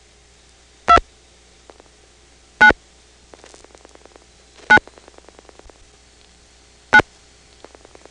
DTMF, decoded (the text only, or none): 2 9 9 9